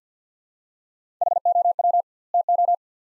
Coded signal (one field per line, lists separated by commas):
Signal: Morse code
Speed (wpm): 49 wpm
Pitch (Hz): 700 Hz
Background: none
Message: HOW TO